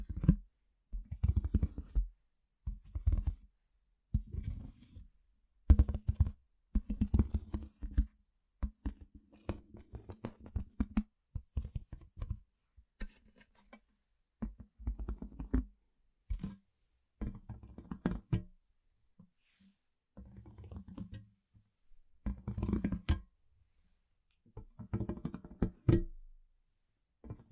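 Everyday household objects are handled to make big sounds: short bursts of knocks, taps and rattling clatter, each lasting a second or two with silent gaps between. The hits are mostly low and thumping, with sharp clicks on top, and arrive irregularly throughout.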